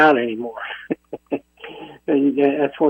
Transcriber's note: laughs